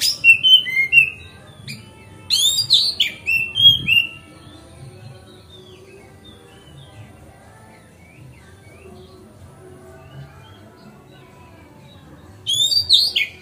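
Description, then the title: Oriental magpie-robin: clear whistled and chattering phrases at the start, a long near-silent stretch with faint notes, and a brief closing burst. Song tutoring (masteran), made on a terrace. "Kacer Masteran Teras"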